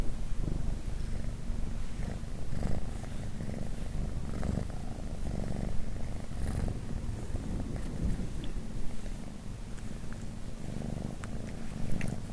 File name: Cat Purr